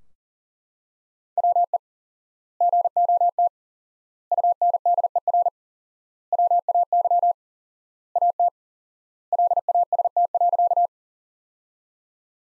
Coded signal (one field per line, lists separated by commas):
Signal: Morse code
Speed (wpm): 40 wpm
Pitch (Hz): 700 Hz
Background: none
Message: WE GOT UNDER WAY AT LAST.